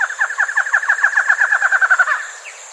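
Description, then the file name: Bird with a fast, even trill of clipped notes lasting a little over two seconds, fading at the end over a steady high whine. "SABIOD 50 bird 2015"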